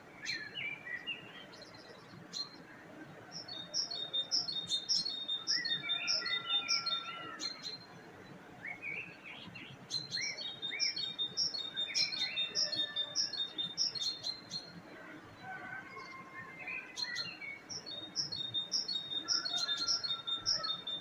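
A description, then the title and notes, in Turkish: Birds sing in repeated bright phrases of quick high notes, returning about every seven seconds, over a steady low rumble and softer chirps. Kuş Sesleri.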